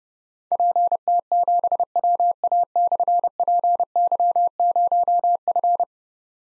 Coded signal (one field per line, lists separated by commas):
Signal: Morse code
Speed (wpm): 28 wpm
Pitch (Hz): 700 Hz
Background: none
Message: PT7WA/PY0F